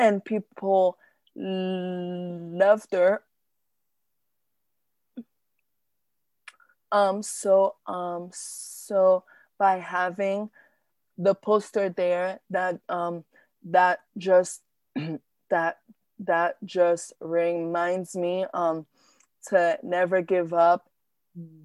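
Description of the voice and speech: Adult woman speaking with stuttering: blocks, word repetitions and pauses.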